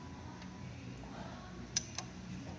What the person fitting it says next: įsivži, užsifiksuoja ir viskas.